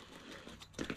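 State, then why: Seated. A metal frame tube from a Vevor carport kit is pushed into its matching connector tube, which joins by snapping rather than with bolts. After a low rustling handling sound, two sharp snaps are heard at 0.8 s and 0.9 s as the tube seats into place.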